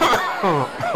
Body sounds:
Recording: coughing mixed with background sound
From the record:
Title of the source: Heavy cold and sore throat coughing.

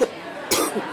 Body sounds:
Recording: coughing mixed with background sound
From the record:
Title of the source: 60 coughing still (deep and wet cough)

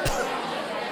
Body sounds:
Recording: coughing mixed with background sound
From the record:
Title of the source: Coughing 51

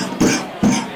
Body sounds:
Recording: coughing mixed with background sound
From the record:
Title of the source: Spring Cold Coughing 3

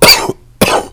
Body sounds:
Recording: coughing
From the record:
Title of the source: Coughing 79

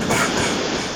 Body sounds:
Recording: coughing mixed with background sound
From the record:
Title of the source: Spring Cold Coughing 2

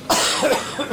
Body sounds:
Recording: coughing mixed with background sound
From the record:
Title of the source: Spring Allergy Coughing

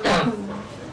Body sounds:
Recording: coughing mixed with background sound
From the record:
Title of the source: Barking cough - # 10

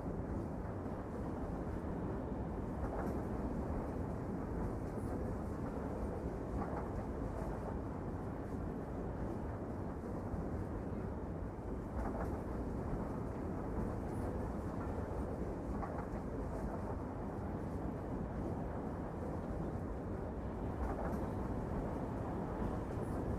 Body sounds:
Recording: background sound without coughing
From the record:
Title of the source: Train Ride Ambience ambient white noise for sleeping, focus, studying, reading

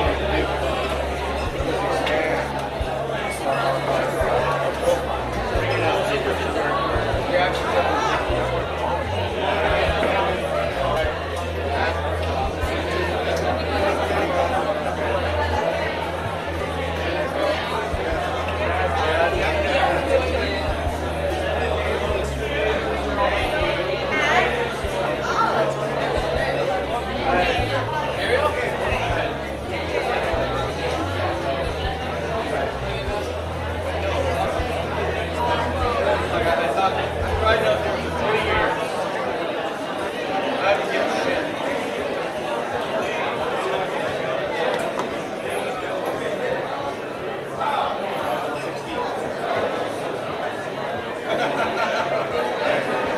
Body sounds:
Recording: background sound without coughing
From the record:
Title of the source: CITY SOUNDS Busy Bar in the Evening Night - 2 HOURS of Ambiance for Relaxation

